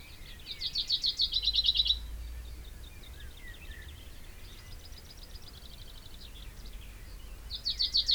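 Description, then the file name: Common chaffinch song, a quick trilled phrase at the start, then quieter chaffinch-like trills and a new loud phrase beginning at the end. "Fringilla coelebs"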